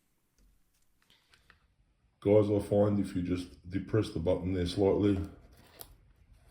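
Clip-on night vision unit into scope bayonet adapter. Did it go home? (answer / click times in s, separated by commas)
yes / 5.8 s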